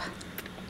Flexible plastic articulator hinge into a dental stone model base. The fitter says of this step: want to make sure that you're fully engaging it and you hear the snap once that is done